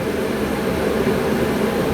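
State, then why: Not seated. A plastic headlight housing mount on a 2009-2018 RAM 1500 is being handled and pushed back toward its ball socket stud while installing a 1.50-inch body lift kit. Only a steady broadband hum and background noise are heard, with no distinct transients. The part has not seated or clicked yet.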